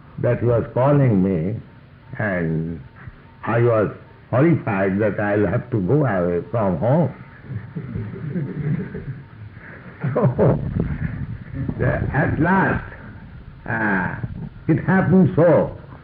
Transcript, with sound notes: that he was calling me, and I was horrified that "I'll have to go away from home." [laughter] So at last it happened so